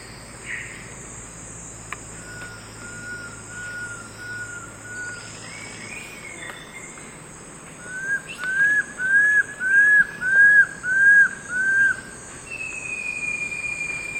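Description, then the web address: Fasciated antshrike, a faint run of low whistles first, then a louder series of several arched notes at a steady pace, followed by a thin sustained higher whistle. Recorded in the eastern lowlands of South America. "Natures Songs S America Eastern Lowlands. Fasciated Antshrike"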